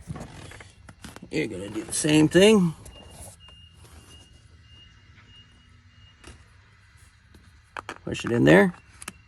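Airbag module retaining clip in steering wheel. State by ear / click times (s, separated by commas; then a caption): released / 9.0 s, 9.1 s. An allen key is pushed into the release hole on the back of a Chevy Avalanche steering wheel to free the spring clip holding the airbag module, while someone talks. Small knocks and scrapes come through as the key is worked in, and sharp clicks at 9.0 and 9.1 seconds mark the retaining clip clicking open and releasing the airbag module.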